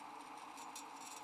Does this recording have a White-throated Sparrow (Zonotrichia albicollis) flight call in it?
no